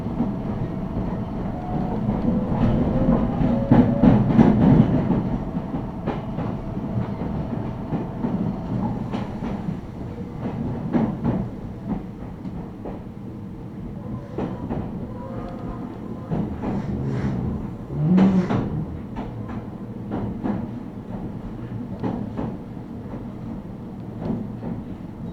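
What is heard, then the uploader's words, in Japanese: A Meitetsu Inuyama–Hiromi Line train rumbles along, riding from Kōnan toward Shin-Kani with a steady low roar. Repeated clicks and knocks from the wheels on rail joints come every second or so, with louder swells near 4 seconds and 18 seconds. ガタンゴトンの旅。名古屋鉄道犬山・広見線 江南→布袋→新可児。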